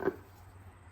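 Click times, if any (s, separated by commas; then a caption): none. An oil filter element is handled against the plastic oil filter housing cap from a Mercedes W212 E400 during an oil change. A brief rustling burst of handling noise comes in the first tenth of a second, then only a low, steady hum remains. Nothing has seated or clicked yet.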